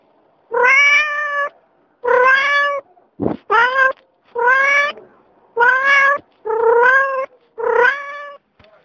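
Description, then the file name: Cat meowing: a series of several drawn-out, harmonic meows in quick succession, with a short sharp sound between the second and third. "koshka"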